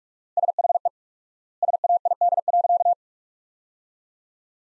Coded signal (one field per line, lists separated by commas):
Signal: Morse code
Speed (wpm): 46 wpm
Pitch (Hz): 700 Hz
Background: none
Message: SHE SAID.